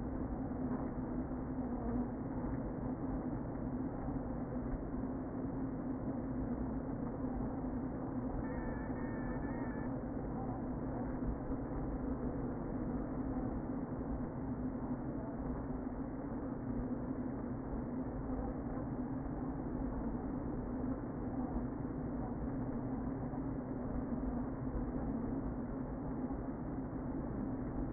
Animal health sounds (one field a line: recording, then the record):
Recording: honeybee colony, microphone inside the hive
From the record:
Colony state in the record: queen present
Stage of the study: before two queens were removed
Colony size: about 60,000 bees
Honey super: yes